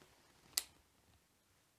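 A DSLR zoom lens is twisted onto an astronomy camera's lens adapter bayonet, and a single sharp click at 0.6 s shows it has locked home. Otherwise the clip is quiet, with no talk.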